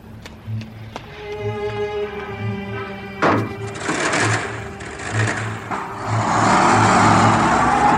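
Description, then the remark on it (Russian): A car engine idles with a steady, rhythmic low chugging, then revs up; the motor's roar swells into a broad, rising rush as the vehicle pulls away and drives off. “Хватит, капитан, поехали.”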